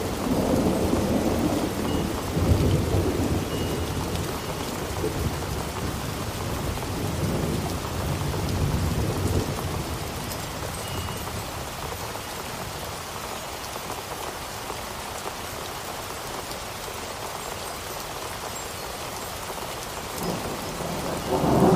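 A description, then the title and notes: A storm with steady rain pattering densely on a surface throughout. Deep rumbles of thunder swell in the first ten seconds, fade to a calmer stretch of rain, then a low roll builds again near the end. A Relaxing Storm.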